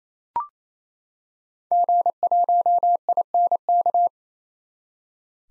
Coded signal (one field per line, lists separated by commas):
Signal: Morse code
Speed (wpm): 28 wpm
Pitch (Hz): 700 Hz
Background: none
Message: G1INK